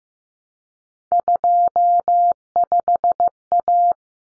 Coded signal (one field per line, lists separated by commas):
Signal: Morse code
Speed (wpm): 15 wpm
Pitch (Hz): 700 Hz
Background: none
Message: 25A